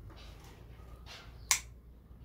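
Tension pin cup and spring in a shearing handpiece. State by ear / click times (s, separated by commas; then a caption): seated / 1.5 s. The tension pin cup and spring are pushed into a Heiniger Cyclone shearing handpiece during a full rebuild. After faint handling rustles, one sharp snap is heard at 1.5 s as the tension pin assembly clicks in place and seats.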